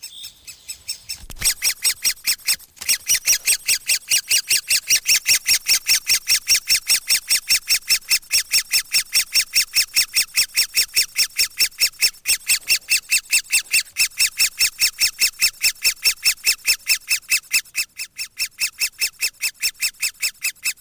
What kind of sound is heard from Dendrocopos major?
call